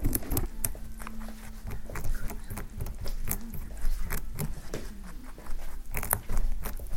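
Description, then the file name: Rabbit eating, with repeated crisp crunching bites and small rustles coming in uneven bursts over a low hum. A single rabbit eating. "un conejo comiendo"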